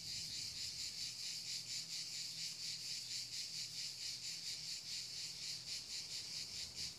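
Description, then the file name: Cricket chirping, a steady pulsed high trill beating in fast regular bursts without pause throughout. Recorded in the mountains. "Cricket Sounds From Mountains"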